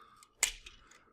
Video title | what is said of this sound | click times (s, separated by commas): Nemesis Reviews Transformers Masterpiece MP-35 Grapple | take the front end and there's this this inner part right here see that it's a moves up on that and clicks | 0.4 s